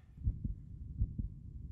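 A regular heartbeat in an adult, heard through a stethoscope on the chest: two steady lub-dub beats.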